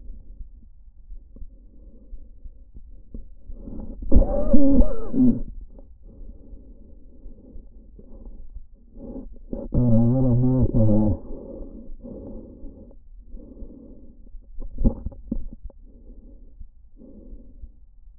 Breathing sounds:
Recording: lung sounds by stethoscope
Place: trachea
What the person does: quiet breathing, then cough and speech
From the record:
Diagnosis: interstitial lung disease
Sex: male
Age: 74 years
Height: 160 cm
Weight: 54 kg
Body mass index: 21.1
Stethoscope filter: diaphragm mode

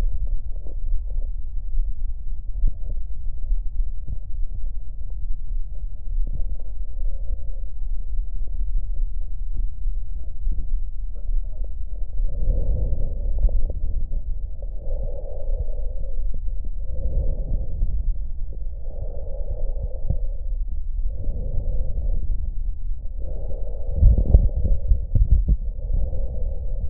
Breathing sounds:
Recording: lung sounds by stethoscope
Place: left anterior apical chest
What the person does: quiet breathing, then deep breathing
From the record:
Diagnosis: none (healthy)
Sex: male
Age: 35 years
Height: 186 cm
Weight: 108 kg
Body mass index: 31.2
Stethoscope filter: extended mode

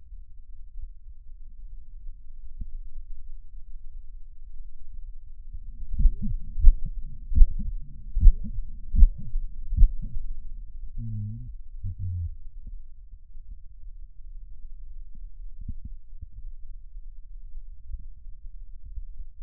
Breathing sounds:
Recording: lung sounds by stethoscope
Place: right anterior apical chest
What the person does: quiet breathing, then cough and speech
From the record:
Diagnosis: interstitial lung disease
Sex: male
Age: 65 years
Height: 161 cm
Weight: 74.6 kg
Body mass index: 28.8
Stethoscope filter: bell mode

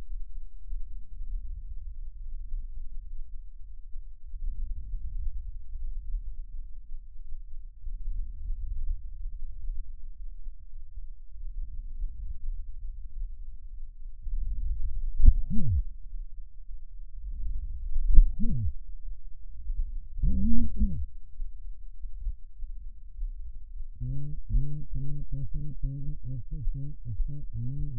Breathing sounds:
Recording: lung sounds by stethoscope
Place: right anterior apical chest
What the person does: quiet breathing, then cough and speech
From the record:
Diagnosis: pulmonary infection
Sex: male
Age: 54 years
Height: 187 cm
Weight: 95 kg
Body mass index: 27.2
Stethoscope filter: bell mode

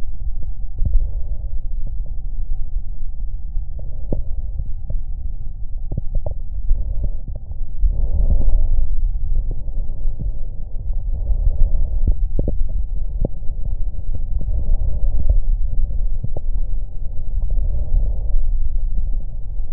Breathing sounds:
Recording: lung sounds by stethoscope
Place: right anterior apical chest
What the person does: quiet breathing, then deep breathing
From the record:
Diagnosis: COPD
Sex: male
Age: 78 years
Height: 162 cm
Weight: 66.4 kg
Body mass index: 25.3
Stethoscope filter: extended mode

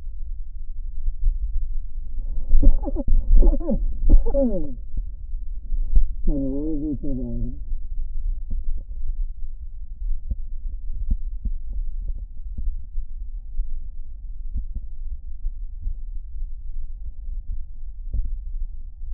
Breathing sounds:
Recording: lung sounds by stethoscope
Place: left anterior apical chest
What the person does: quiet breathing, then cough and speech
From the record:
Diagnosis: COPD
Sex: male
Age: 77 years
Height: 164 cm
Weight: 58.2 kg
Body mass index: 21.6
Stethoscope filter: diaphragm mode

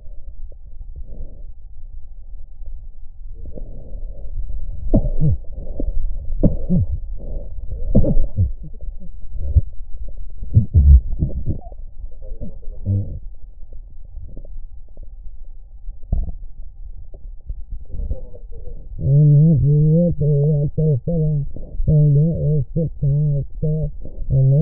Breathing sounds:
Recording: lung sounds by stethoscope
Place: left posterior basal chest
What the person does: quiet breathing, then cough and speech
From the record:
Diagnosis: COPD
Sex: female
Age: 80 years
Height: 160 cm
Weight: 62 kg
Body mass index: 24.2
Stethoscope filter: extended mode

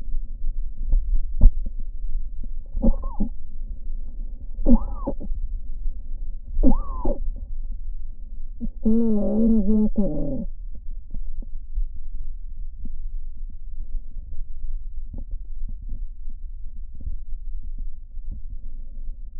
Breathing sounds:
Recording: lung sounds by stethoscope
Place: left anterior apical chest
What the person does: quiet breathing, then cough and speech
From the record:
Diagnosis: asthma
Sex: female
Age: 74 years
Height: 155 cm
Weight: 63 kg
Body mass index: 26.2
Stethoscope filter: diaphragm mode

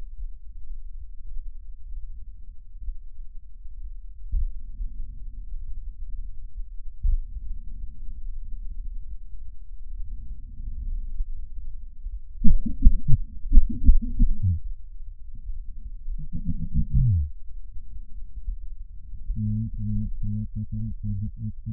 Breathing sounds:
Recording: lung sounds by stethoscope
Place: left posterior apical chest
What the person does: quiet breathing, then cough and speech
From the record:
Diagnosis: none (healthy)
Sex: male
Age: 45 years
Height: 173 cm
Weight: 92 kg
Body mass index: 30.7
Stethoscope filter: bell mode

